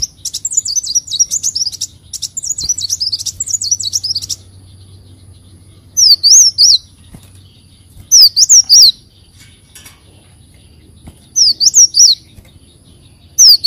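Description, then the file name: Leafbird song of high chirping bursts, followed by short phrases of sharp slurred whistles spaced about two to three seconds apart, with quiet gaps. "Tieng chim xanh tim"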